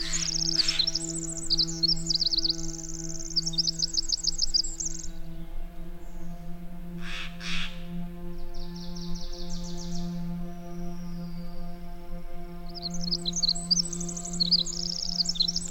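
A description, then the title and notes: Bird song rides over a slow, stretched-out drone of music played backwards, its low tones held steady throughout. Bright chirping trills come in bursts near the start, around seven to ten seconds, and again at the end, with short clicking pulses near seven seconds. A prize winning piece of music played backwards and streached out underneath the birds and beasts of the north. Birds & Beasts.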